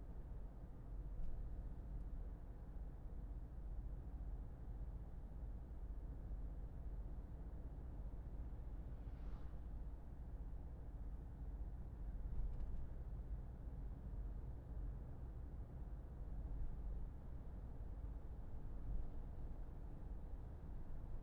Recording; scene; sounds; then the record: everyday scene through a hearing-aid microphone; in a vehicle; engine, traffic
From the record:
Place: Berlingo II, diesel engine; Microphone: behind the ear, left, front